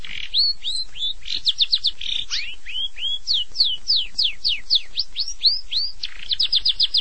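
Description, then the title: Long-tailed shrike song: varied whistled notes that slur up and down, some in quick clusters, some drawn out and rising. "Kicau Burung Pentet"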